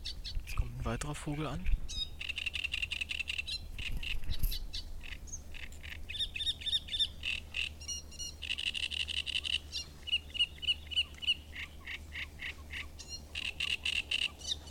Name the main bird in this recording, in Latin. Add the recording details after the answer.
Acrocephalus arundinaceus. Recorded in the wild. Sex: male. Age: adult. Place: Müggelsee, Berlin, DE. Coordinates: 52.43, 13.64. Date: 1990-05-05. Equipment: Uher 4400 Report Monitor, Sennheiser ME 80, K 30 AV. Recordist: Fischer, Stefan. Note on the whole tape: Tier 1543: Gesang